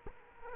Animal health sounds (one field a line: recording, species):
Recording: mosquito wingbeat signal from an infrared sensor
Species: Culex quinquefasciatus